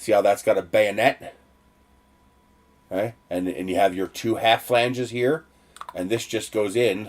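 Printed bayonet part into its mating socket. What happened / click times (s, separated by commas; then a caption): Handled, not yet home: bayonet mount twists and locks / none. Someone talks while handling a 3D-printed bayonet fitting with two half flanges, about to insert it into its mating socket, where it twists and locks in place. Nothing has seated or clicked yet; the part is not yet home when the clip ends.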